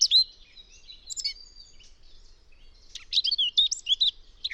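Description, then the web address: Eurasian blackcap giving a brief warbled phrase, soft thin notes, then a loud rapid flourish of fluty, tumbling notes at the end. "cianscape birddata Deverinetal 2025"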